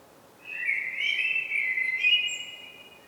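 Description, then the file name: Common blackbird song: one sustained, rich warbling phrase of rising and falling whistled notes lasting about two seconds, ending with faint high squeaks. "Turdus merula"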